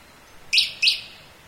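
Bird calls: two short, high, sharp chirps about a third of a second apart, then quiet.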